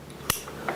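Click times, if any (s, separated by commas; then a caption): 0.3 s. A band end connector on an inversion accessory kit is pushed into its mating piece, giving a sharp, bright click at 0.3 s, followed by a softer sound near 0.7 s. The connector seats and clicks together, and it will not release even when pulled hard.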